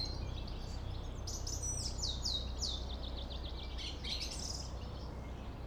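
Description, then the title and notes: Song thrush song, a quick run of repeated descending whistled notes followed by short chattery phrases, over a steady low rumble of traffic. Singing in a Berlin cemetery, with distant city traffic noise; Sony PCM D50. "Friedhof Columbiadamm, Berlin - Song thrush. Song thrush (Singdrossel) singing, distant city. traffic noise"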